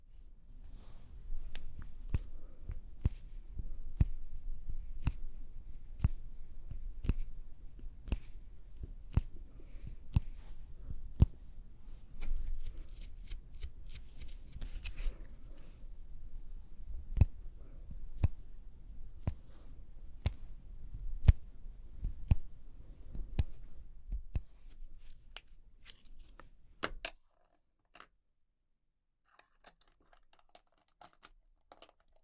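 Makeup being applied: sharp snipping clicks land roughly once a second over a low, steady rumble, with a brief flurry of rapid crackly taps around the middle. Near the 27-second mark everything cuts off, leaving near silence and a few faint ticks.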